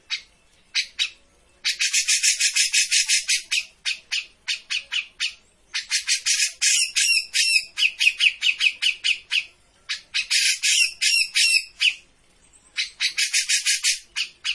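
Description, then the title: Grey-cheeked bulbul song, long runs of rapid, harsh, buzzy chatter broken by brief pauses. Bird-training master recording (masteran) of a cucak jenggot in full song (gacor). "Cucak Jenggot Gacor. Masteran burung cucak jenggot ! Suaka burung"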